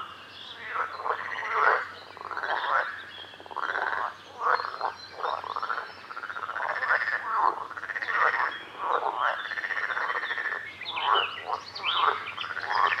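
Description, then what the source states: A busy frog chorus of grating, pulsed croaks, calls following one another almost continuously, with faint chirps higher up. Recorded at a lake.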